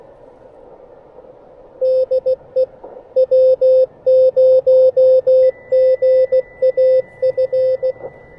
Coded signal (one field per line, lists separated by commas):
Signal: Morse code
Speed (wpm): 17 wpm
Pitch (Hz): 520 Hz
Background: none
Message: DE W0GAF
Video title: Three Watts and a Wire: Seizing a Last-Minute POTA Opportunity with the Elecraft KX1!